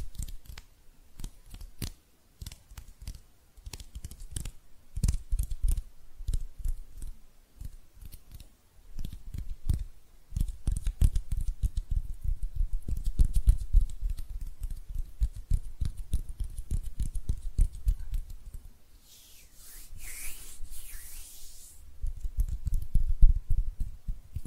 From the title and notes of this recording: ASMR Relaxing Hand Sounds (No Talking).